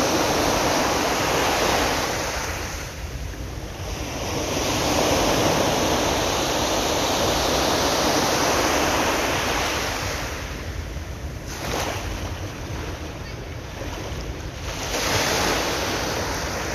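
Sea waves wash in a steady, dense roar that swells and eases, with brief dips near four and twelve seconds and faint wind rumble.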